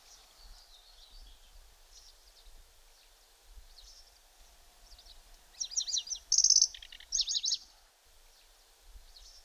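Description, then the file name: Pallas's Grasshopper Warbler song: scattered faint high notes for several seconds, then one loud burst of rapid trilled chirps and a buzzy whistle, followed by quiet. "Zvuki ptic - Pevchij sverchok"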